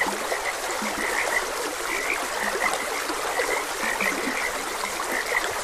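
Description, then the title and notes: Frogs croaking, with high clicky notes and a few lower, deeper croaks, repeated many times over steadily trickling water. Frogs croaking beside a gentle stream. "Frogs Croaking. Sleep and Relaxation Podcast"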